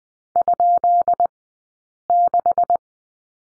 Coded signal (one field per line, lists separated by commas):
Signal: Morse code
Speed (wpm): 20 wpm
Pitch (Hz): 700 Hz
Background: none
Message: ?6